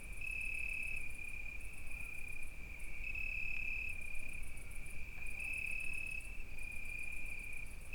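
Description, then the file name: Cricket chorus: a sustained shrill trill and intermittent rapid pulsed chirping, continuous for the whole stretch, with low background rumble. Night crickets at Izgrev, Bulgaria. "Noshti shturci i koteto Petrova (s Izgrev)"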